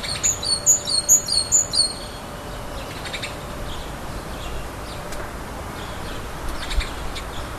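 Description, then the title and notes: Great tit song, a high two-note phrase repeated about four times in two seconds, then quieter with scattered faint chirps. Spring call of the great tit. "Hummel Und Kohlmeise. Audioaufnahme einer Hummel +dem "Frühlingsruf der Kohlmeise""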